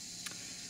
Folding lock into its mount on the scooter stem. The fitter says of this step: goes on there locks in place it doesn't really rattle around much